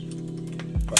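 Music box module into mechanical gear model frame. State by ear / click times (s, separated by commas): seated / 1.0 s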